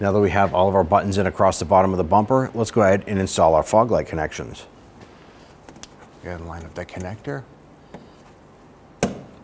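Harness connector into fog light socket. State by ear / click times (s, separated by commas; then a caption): seated / 9.0 s. A plastic harness connector is lined up and pushed up into the fog light socket on a 2011-2017 Nissan Quest bumper, after the bumper buttons are in. Someone talks, then there are a few faint handling sounds. A sharp click at 9.0 s marks the connector locking into place.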